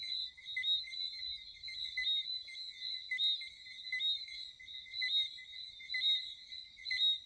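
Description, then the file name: Frogs trilling together in a steady, shrill, ringing chorus that pulses about once a second, with little else audible. "Chant de grenouilles - Sound of frog"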